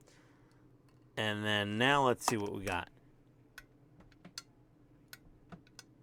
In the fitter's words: you got a good click you're all set nice click